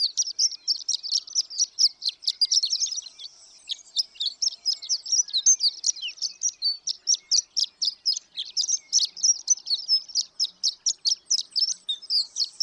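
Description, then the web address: Horned lark singing a long, unbroken run of high, tinkling chips and short trills at a rapid, uneven pace, with a brief softer pause near three seconds. "birdsongforthecurious Horned Lark"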